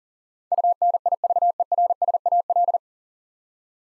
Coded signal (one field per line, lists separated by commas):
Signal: Morse code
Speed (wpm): 40 wpm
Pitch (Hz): 700 Hz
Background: none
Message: UNIVERSAL